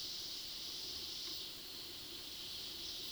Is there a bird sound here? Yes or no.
no